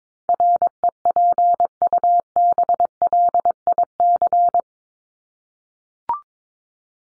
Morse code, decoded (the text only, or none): REPUBLIC